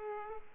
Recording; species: mosquito wingbeat signal from an infrared sensor; Aedes aegypti